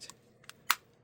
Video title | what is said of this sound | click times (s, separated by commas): Got More Cardbots, Here's Blue Cop | And I heard that snap. Solid. It's in. | 0.7 s